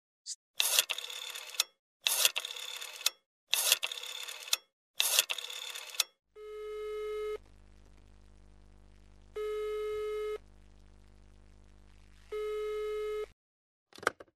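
Four short, harsh clattering bursts as a telephone receiver is pulled with effort from its mount, then a telephone ringback tone: three steady buzzing beeps, each about a second long, separated by pauses over a faint low hum, with no talking.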